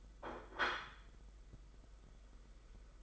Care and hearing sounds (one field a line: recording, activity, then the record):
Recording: daily activity, microphone in the room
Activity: place plate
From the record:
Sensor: 5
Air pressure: 991.0 hPa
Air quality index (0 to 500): 140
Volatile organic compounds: 103 ppm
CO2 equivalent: 3772 ppm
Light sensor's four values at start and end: 39/121/46/49 and 39/121/46/49